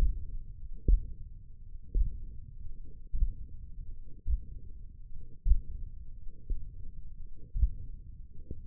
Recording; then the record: forearm muscle sounds (acoustic myography)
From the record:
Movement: index flexion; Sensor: system 1, eight BSWA MPA416 microphones around the upper forearm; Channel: 3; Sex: male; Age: 20 years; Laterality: left